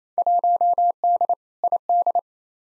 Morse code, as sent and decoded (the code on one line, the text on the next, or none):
.---- -.. / .. -..
1D ID